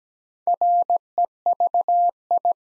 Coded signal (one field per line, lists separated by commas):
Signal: Morse code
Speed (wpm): 17 wpm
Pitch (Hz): 700 Hz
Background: none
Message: REVI